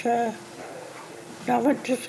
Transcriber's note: laughs